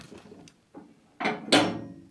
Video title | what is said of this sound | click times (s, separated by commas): Scheppach HMC2600 Abricht Dickenhobel Wartung | then you can hear the wheels snap into place and lower the machine carefully, | 1.5 s